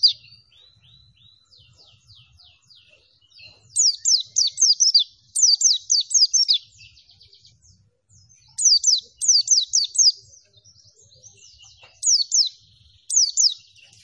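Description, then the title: White-eye singing lively high chirps: soft twittering first, then repeated loud bursts of fast descending notes, about four per second, with brief pauses between. Lively singing (gacor). "Pleci Gacor"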